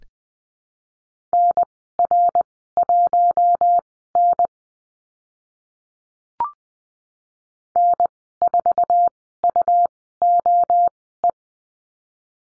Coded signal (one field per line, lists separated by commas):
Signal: Morse code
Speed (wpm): 19 wpm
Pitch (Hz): 700 Hz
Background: none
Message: NR1N N4UOE